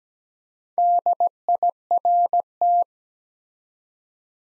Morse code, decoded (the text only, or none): DIRT